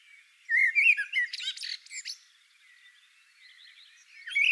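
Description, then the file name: Common blackbird song: a low fluting warble near the start, then a rapid twittering, squeaky ending, with a fresh phrase beginning at the close. "Koltrast"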